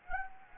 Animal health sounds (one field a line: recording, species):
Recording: mosquito wingbeat signal from an infrared sensor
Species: Anopheles gambiae